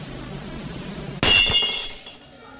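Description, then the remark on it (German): A drinking glass hits the floor and shatters with one sharp crash, followed by bright tinkling shards that ring and scatter before fading out over a low background hum. “Was fällt dir ein, mit Gläsern herumzuschmeißen?”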